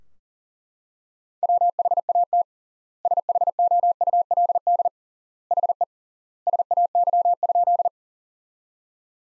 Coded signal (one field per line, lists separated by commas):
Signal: Morse code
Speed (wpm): 37 wpm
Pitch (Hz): 700 Hz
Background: none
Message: WHAT SHOULD HE SAY?